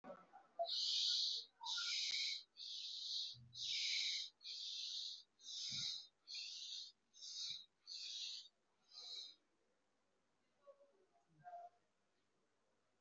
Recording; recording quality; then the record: deep breathing; excellent, no background noise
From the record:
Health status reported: respiratory illness, not identified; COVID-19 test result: negative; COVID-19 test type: RT-PCR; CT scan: not taken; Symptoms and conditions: cold, breathing difficulty, asthma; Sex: male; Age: 25 years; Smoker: no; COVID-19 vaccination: one dose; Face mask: worn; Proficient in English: yes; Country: India